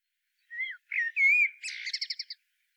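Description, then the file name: Common blackbird song phrase: a few mellow fluted whistles, then a squeaky, twittering flourish of quick high notes ending abruptly. "Turdus merula"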